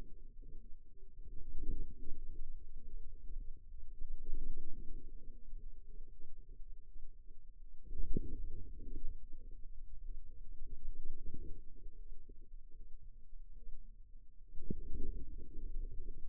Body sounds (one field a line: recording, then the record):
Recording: forearm muscle sounds (acoustic myography)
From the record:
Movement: radial deviation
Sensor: system 2, bracelet of six BSWA MPA416 microphones around the upper forearm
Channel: 2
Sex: female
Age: 23 years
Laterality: right